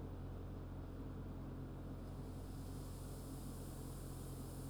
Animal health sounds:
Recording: poultry house recording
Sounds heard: no chicken sound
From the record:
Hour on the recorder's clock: 0

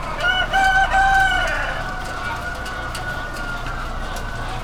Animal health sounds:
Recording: poultry house recording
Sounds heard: healthy chickens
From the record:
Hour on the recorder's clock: 21

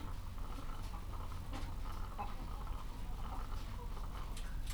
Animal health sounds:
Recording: poultry house recording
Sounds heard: sick chickens (respiratory disease)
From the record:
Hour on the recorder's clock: 14

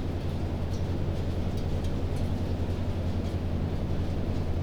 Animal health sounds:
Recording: poultry house recording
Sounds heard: no chicken sound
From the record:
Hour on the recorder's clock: 0

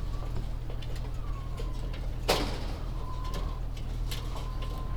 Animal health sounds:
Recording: poultry house recording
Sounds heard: healthy chickens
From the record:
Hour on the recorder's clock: 14

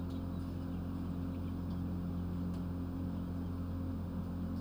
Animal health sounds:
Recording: poultry house recording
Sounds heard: healthy chickens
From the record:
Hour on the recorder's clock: 23

